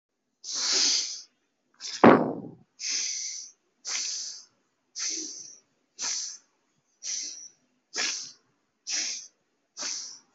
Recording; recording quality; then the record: shallow breathing; excellent, no background noise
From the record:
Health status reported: healthy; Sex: male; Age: 33 years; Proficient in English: yes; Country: India